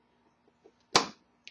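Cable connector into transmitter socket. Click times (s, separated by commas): 1.0 s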